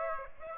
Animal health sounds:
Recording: mosquito wingbeat signal from an infrared sensor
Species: Aedes aegypti

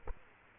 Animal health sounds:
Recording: mosquito wingbeat signal from an infrared sensor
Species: Culex quinquefasciatus

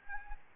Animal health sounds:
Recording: mosquito wingbeat signal from an infrared sensor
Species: Aedes albopictus

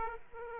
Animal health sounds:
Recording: mosquito wingbeat signal from an infrared sensor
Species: Aedes aegypti

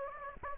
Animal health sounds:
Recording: mosquito wingbeat signal from an infrared sensor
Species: Anopheles gambiae

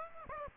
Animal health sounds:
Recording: mosquito wingbeat signal from an infrared sensor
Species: Aedes aegypti

